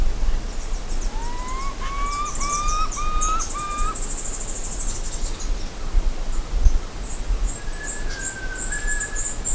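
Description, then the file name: Bird calls: a run of clear whistled notes, each sliding upward, then a later steady whistle, with scattered high chirps over low rumbling background noise. "SABIOD 50 bird 2015"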